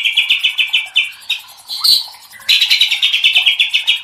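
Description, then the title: White-rumped shama song: rapid repeated chipping notes, a brief harsh burst, then another fast series of repeated notes. Training recording (masteran) used to teach song to caged birds; titled labaik. "MURAI BATU LABAIK"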